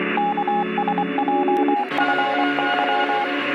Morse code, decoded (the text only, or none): KSJFY